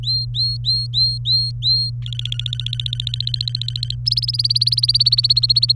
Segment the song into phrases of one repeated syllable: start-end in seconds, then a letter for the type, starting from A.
0.03-1.90 A, 2.02-3.96 B, 4.06-5.75 C